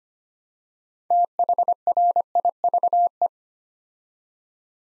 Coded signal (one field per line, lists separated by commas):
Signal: Morse code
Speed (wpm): 25 wpm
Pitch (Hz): 700 Hz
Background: none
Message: THRIVE